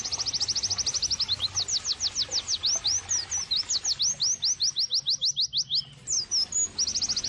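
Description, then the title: White-eye delivering a long, lively series of thin, high whistled slurs. A rapid trill opens it, steady repeated sweeps follow, and a short twitter comes near the close. Pleci singing actively (gacor); therapy and bird-training (masteran) audio. "Pleci Gacor. terapi pleci dextro 87 plus masteran kenari sahdu OmAcuz Dextro87 channel"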